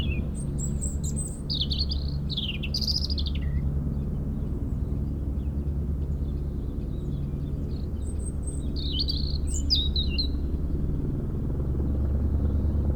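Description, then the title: European robin song in two separate bursts of high tumbling whistles and trills, with a pause between them, over constant low helicopter rumble. Singing in a hedge near Lac du Bourget, Brison-Saint-Innocent, France, during helicopter lifting work on a cliff, sound echoing off Mont Corsuet; Zoom H4n Pro set vertically on ground. "4 Chem. de la Pointe Forestier, Brison-Saint-Innocent, France - Duo rouge-gorge hélicoptère"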